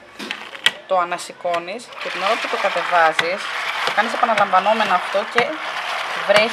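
A Vileda mop pole is pushed down into the spin/wring bucket mechanism and locks in place with a sharp clack at 0.7 s. A smaller tap is heard at 0.3 s, and someone talks throughout the clip.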